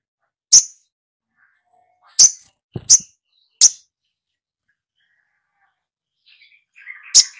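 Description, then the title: Spiderhunter calls: sharp, high chip notes, three in fairly quick succession with a soft low thump among them, then a pause, faint twittering and a final chip. Masteran: training recording for songbirds, titled 'Labaik'. "Masteran Burung Sogok Ontong Labaik"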